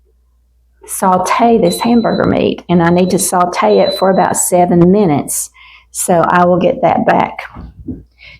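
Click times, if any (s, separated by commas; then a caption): 7.9 s. Someone talks while handling a pressure cooker. At 7.9 s, the small plastic condensation collector cup that hangs on the back of the cooker to catch drippings comes off with a little click and is released.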